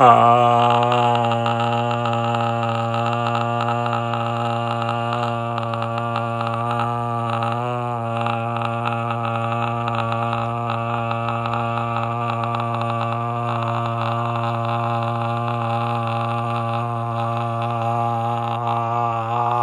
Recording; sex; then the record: sustained vowel /a/; male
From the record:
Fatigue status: no fatigue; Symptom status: symptomatic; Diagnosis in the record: COVID-19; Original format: m4a